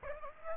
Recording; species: mosquito wingbeat signal from an infrared sensor; Aedes aegypti